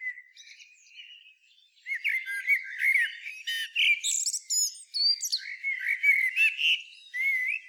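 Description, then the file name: Common blackbird song: quiet twittering at first, then loud varied fluty phrases and high squeaky flourishes that run almost without pause. "Turdus merula"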